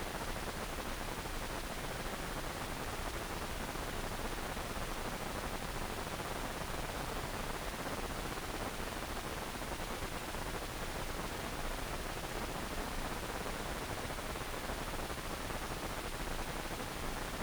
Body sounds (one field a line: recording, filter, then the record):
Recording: brain microelectrode recording played as sound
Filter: wide band, above 20 Hz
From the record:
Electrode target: subthalamic nucleus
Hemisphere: right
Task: reaching with the left hand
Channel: 1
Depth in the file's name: 1.506 mm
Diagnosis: Parkinson's disease